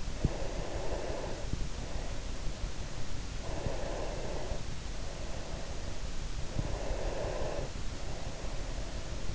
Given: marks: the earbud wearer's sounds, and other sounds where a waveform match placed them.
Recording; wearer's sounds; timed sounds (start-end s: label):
sounds in sleep by an in-ear microphone; breath
0.11-2.78 s: breath
3.30-6.03 s: breath
6.74-9.34 s: breath